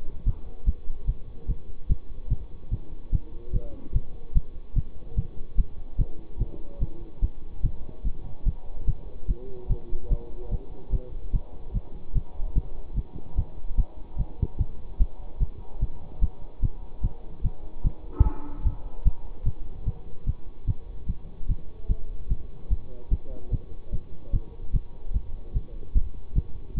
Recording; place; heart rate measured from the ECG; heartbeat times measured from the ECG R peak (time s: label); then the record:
heart sounds by stethoscope; between the tricuspid and mitral areas; 147 bpm
0.24 s: heartbeat
0.65 s: heartbeat
1.06 s: heartbeat
1.47 s: heartbeat
1.87 s: heartbeat
2.28 s: heartbeat
2.70 s: heartbeat
3.10 s: heartbeat
3.51 s: heartbeat
3.93 s: heartbeat
4.33 s: heartbeat
4.74 s: heartbeat
5.15 s: heartbeat
5.56 s: heartbeat
5.97 s: heartbeat
6.38 s: heartbeat
6.79 s: heartbeat
7.20 s: heartbeat
7.61 s: heartbeat
8.03 s: heartbeat
8.44 s: heartbeat
8.85 s: heartbeat
9.27 s: heartbeat
9.68 s: heartbeat
10.08 s: heartbeat
10.50 s: heartbeat
10.91 s: heartbeat
11.31 s: heartbeat
11.72 s: heartbeat
12.13 s: heartbeat
12.53 s: heartbeat
12.94 s: heartbeat
13.35 s: heartbeat
13.75 s: heartbeat
14.16 s: heartbeat
14.58 s: heartbeat
14.98 s: heartbeat
15.38 s: heartbeat
15.79 s: heartbeat
16.20 s: heartbeat
16.60 s: heartbeat
17.01 s: heartbeat
17.42 s: heartbeat
17.82 s: heartbeat
18.23 s: heartbeat
18.63 s: heartbeat
19.03 s: heartbeat
19.44 s: heartbeat
19.85 s: heartbeat
20.25 s: heartbeat
20.65 s: heartbeat
21.06 s: heartbeat
21.47 s: heartbeat
21.87 s: heartbeat
22.28 s: heartbeat
22.69 s: heartbeat
23.09 s: heartbeat
23.50 s: heartbeat
23.91 s: heartbeat
24.31 s: heartbeat
24.71 s: heartbeat
25.12 s: heartbeat
25.53 s: heartbeat
25.93 s: heartbeat
26.34 s: heartbeat
26.75 s: heartbeat
From the record:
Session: bicycle stress test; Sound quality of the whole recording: good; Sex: male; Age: 24 years